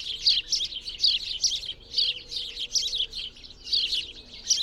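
Bird twitter in clustered bursts of sharp, high chirps.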